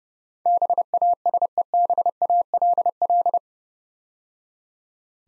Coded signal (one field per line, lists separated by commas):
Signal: Morse code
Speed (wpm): 30 wpm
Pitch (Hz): 700 Hz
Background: none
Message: BASEBALL